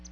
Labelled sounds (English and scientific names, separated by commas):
Palm Warbler (Setophaga palmarum) flight call